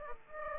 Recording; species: mosquito wingbeat signal from an infrared sensor; Aedes aegypti